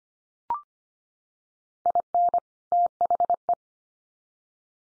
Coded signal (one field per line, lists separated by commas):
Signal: Morse code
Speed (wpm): 25 wpm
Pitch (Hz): 700 Hz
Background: none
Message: IN THE